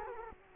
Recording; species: mosquito wingbeat signal from an infrared sensor; Culex quinquefasciatus